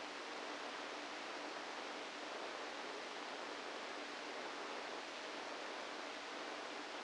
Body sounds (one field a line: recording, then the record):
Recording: brain microelectrode recording played as sound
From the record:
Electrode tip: inside the subthalamic nucleus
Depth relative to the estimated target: -2 mm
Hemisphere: right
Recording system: NeuroSet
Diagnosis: Parkinson's disease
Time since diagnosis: 7 years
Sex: female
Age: 68 years